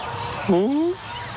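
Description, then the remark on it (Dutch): A single Canada goose call, a nasal, harmonic honk lasting about half a second that rises slightly in pitch, standing out clearly above a faint, steady background hiss. “Dat zijn de Canadese ganzen, toch?”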